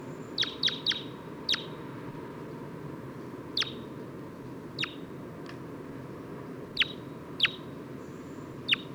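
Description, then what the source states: Red Crossbill calls: short, clipped downward kips, several bunched early, then single notes spaced irregularly every second or two, above constant low background noise. Individual 229 giving weak calls.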